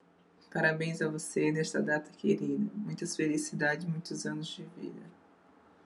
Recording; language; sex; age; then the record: short text; Brazilian Portuguese; female; 30 to 39 years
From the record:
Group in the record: control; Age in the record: 36 years